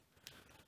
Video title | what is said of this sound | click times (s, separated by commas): Controller Grip + Charger for Sony PS Vita 2000 | and uh you should actually lock in um right | 0.3 s